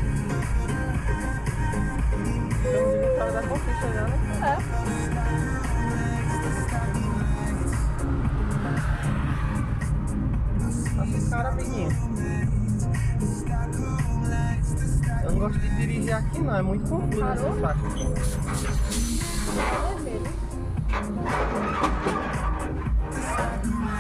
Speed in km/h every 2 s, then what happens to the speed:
19, 18, 19, 21, 23, 24, 26, 30, 23, 10, 1, 0.
0-15 speeds up to 30. 15-20 brakes to 1. 20-24 standing.